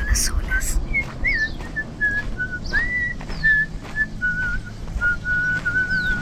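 A person whistles a slow, wavering tune at a steady high pitch, with sustained notes that slide and dip slightly, over a murmur of low background noise.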